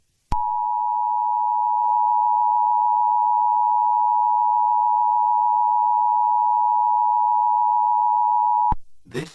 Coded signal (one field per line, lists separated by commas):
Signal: Emergency Alert System (SAME) tones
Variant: 853 and 960 Hz attention tone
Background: speech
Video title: YOU ARE ALL ALONE | EAS Scenario